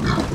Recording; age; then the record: pig call; growing-finishing pig (85 days or more)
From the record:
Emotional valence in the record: positive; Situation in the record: run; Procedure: transit